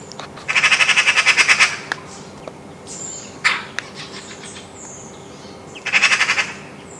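Eurasian magpie rattling chatter, a long burst of rapid harsh notes then a shorter one about four seconds later, plus a single loud clack between.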